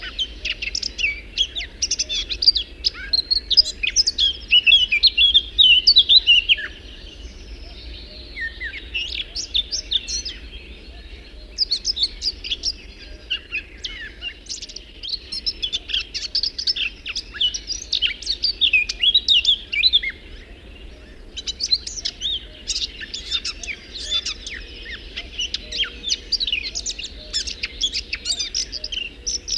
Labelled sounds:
Eurasian Blackcap (Sylvia atricapilla) song

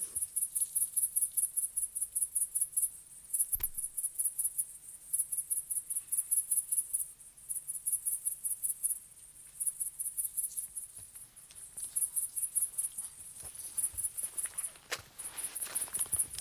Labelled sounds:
Great Green Bush-cricket (Tettigonia viridissima) stridulation

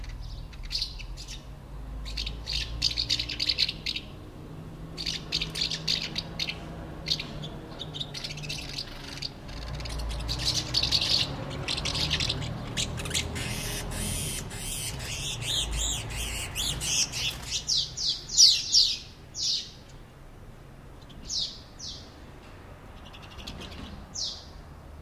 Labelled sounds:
Common House Martin (Delichon urbicum)

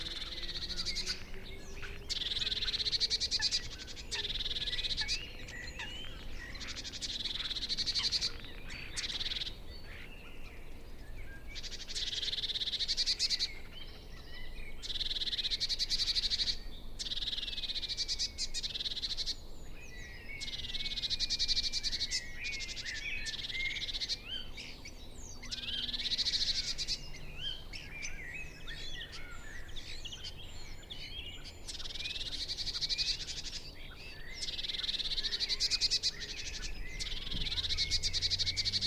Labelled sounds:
Black Woodpecker (Dryocopus martius) flight call

